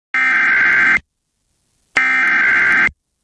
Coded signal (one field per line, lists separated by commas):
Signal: Emergency Alert System (SAME) tones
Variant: header bursts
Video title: TOR EAS#140